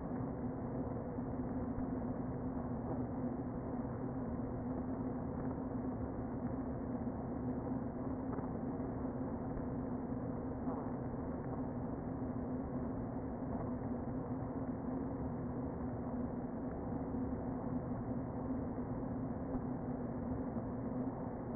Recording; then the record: honeybee colony, microphone inside the hive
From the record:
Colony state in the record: queen present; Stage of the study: before two queens were removed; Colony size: about 60,000 bees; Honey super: yes